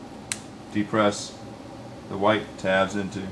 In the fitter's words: the white notches into place until I hear a snap and I heard that snap so now my